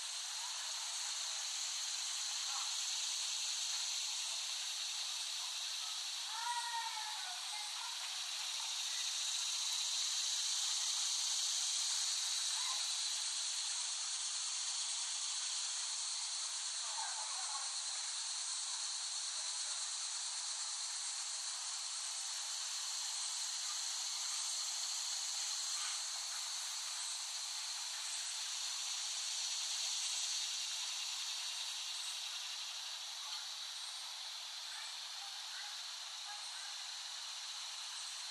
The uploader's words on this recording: The Cicadas of Summer. Recording of cicadas made by Dan Bodah in West Brighton, Staten Island, late summer 2008.